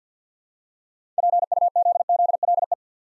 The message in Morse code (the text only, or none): PUZZLE